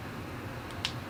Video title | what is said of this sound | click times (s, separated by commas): The New Holy Grail Foundation!! | I don't know if you guys heard that but there is a click and you know your product is closed | 0.8 s